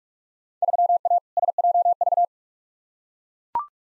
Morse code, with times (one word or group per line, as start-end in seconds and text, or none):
0.6-1.2 3A
1.4-2.2 SJV